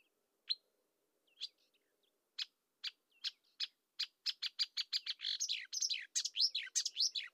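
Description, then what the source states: Marsh warbler song opening with scattered sharp notes, quickening into a dense, varied stream of chirps, trills and rising and falling whistles. Nominate subspecies Acrocephalus palustris palustris.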